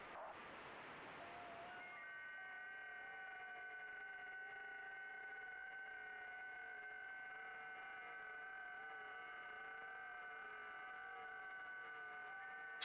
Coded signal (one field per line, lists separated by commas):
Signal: FT8